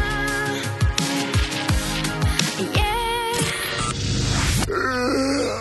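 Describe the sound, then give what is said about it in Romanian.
Several drawn-out yawns with groaning, falling-pitch voices, one after another, loud over a dense, steady musical background. “Căscatul e contagios, băi.”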